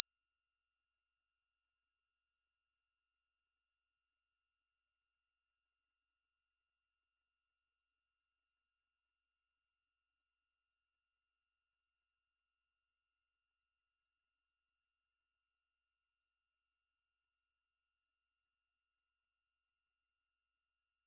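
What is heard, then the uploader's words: A single pure sine tone holds at 5526 Hz, a thin, piercing high whistle. It stays perfectly steady and unchanging in pitch and loudness for the full twenty-one seconds, with silence all around it and no other sounds. 5526 Hz 1 Hz Interval Sine Pure Tone Frequency 441000 Sample Mono.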